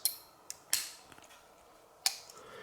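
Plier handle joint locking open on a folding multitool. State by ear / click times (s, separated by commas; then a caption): seated / 0.1 s, 0.7 s, 2.1 s. The metal plier handles of a Lansky folding multitool are swung open, giving three sharp metallic clicks at about 0.1, 0.7 and 2.1 seconds, with a few fainter ticks in between. The plier handle joint clicks into its locked open position.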